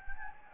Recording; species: mosquito wingbeat signal from an infrared sensor; Anopheles gambiae